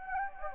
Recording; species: mosquito wingbeat signal from an infrared sensor; Anopheles gambiae